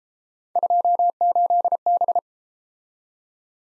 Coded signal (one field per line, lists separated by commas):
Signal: Morse code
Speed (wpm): 30 wpm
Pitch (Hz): 700 Hz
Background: none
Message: 28B